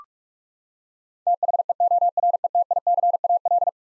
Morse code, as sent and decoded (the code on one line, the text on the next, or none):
- .... . --- .-. . - .. -.-. .- .-..
THEORETICAL